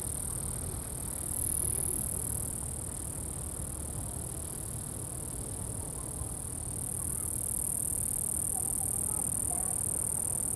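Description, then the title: Cricket chorus forms an unbroken high-pitched shimmer that swells slightly in places, over a constant low roar of wind. Crickets recorded at Atins, Brazil, with wind in the background. "Atins, Brésil - Grillons - Crickets"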